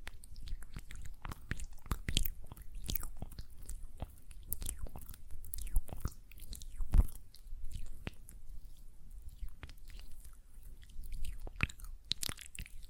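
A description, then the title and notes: Gel lotion being worked between the hands makes a string of short, sticky, wet clicks and squelches. They come irregularly but densely, several each second, with sharp bright snaps over soft low smacking, a few louder pops around seven seconds and near the end. ASMR Gel Lotion Hand Sounds (No Talking).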